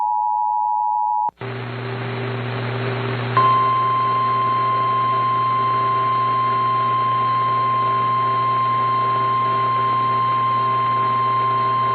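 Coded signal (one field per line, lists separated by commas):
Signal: Emergency Alert System (SAME) tones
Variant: 853 and 960 Hz attention tone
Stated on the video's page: Personal captures of real EAS alerts.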